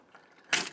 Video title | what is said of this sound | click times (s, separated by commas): X-Transbots ANDRAS (Masterpiece Scourge): EmGo's Transformers Reviews N' Stuff | right there. And that should click into place. | 0.5 s